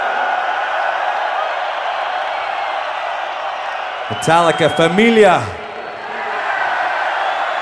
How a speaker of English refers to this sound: You promise to sing loud. Okay, we have a promise. We're going to make history on this song. It's going to be the loudest crowd ever, okay? And to make sure of that, can you turn on all the lights? All the lights on the crowd.